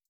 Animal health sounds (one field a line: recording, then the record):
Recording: hydrophone in a shrimp aquaculture tank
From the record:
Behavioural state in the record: starved